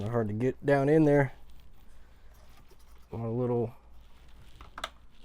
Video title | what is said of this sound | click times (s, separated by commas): Woodworker attempts to make a Custom Retro PC! | Hear that nice snap. | 4.8 s